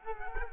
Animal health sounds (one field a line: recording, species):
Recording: mosquito wingbeat signal from an infrared sensor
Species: Culex quinquefasciatus